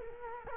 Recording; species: mosquito wingbeat signal from an infrared sensor; Culex quinquefasciatus